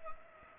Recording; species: mosquito wingbeat signal from an infrared sensor; Culex pipiens